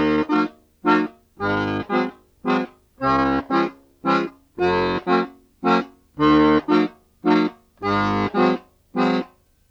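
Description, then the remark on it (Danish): An accordion plays exercise 2 in D minor in 3/4 time, with a series of detached, separated notes and chords, some held longer, each sounding rich with reedy harmonics. “Øvelse 2, der har vi D-mol med. Jeg tæller til 3, da den står i 3/4 takt, og så begynder vi.”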